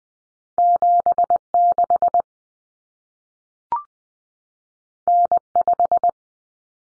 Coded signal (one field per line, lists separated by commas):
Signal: Morse code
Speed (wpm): 20 wpm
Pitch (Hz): 700 Hz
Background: none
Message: 76 N5